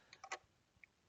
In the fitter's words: then your retainer ring goes back on there. Nice solid clicks.